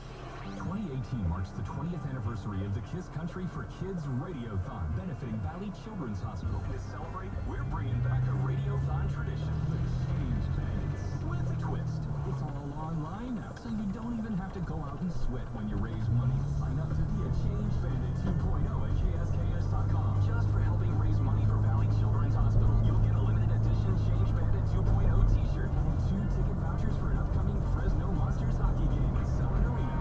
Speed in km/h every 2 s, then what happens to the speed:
0, 0, 0, 5, 18, 24, 23, 21, 29, 35, 45, 53, 56, 58, 61.
0-5 standing. 5-10 pulls away to 24. 14-30 speeds up to 61.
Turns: 10-16.